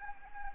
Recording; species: mosquito wingbeat signal from an infrared sensor; Anopheles arabiensis